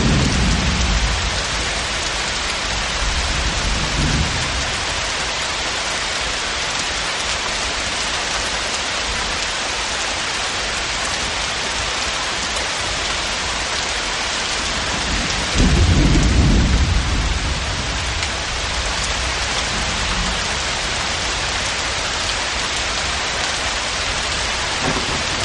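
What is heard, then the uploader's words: Steady, dense rainfall hisses evenly throughout, with low thunder rumbles rolling in near the start and again around sixteen seconds. Serene Rainfall Sounds. The rhythmic sound of raindrops.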